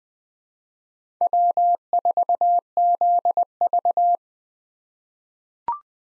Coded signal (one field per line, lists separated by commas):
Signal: Morse code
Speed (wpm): 20 wpm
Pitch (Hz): 700 Hz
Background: none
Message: W4ZV